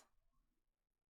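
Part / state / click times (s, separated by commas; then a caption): removable fore-end cap into rifle stock / not seated / none. A removable synthetic fore-end cap, now fitted with a sling swivel stud, is slid into position and held at the front of a Blaser R8 Ultimate / Professional Success rifle stock. A short burst of handling and scraping noise at the start fades into quiet low-frequency rumble. Nothing has seated or clicked yet.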